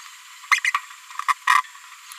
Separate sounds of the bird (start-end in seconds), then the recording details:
0.51-0.60, 1.28-1.33, 1.50-1.61. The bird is a female. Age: 30 days. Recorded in a nest box in Venezuela. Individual 17B73B2